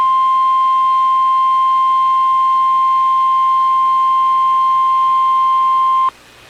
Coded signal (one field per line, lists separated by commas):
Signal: Emergency Alert System (SAME) tones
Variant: 1050 Hz attention tone